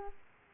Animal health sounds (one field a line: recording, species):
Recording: mosquito wingbeat signal from an infrared sensor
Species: Aedes aegypti